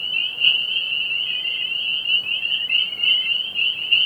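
Spring peepers in full chorus, countless high peeps blending into a ringing, pulsing tone that swells slightly in places.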